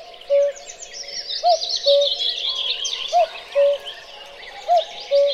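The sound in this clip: Cuckoo giving repeated falling two-note calls, with many other birds chirping and trilling in the background.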